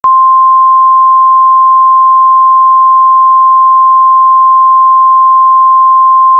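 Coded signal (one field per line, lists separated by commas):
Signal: Emergency Alert System (SAME) tones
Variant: 1050 Hz attention tone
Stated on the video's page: Fictional mock civil emergency alert for a water main rupture.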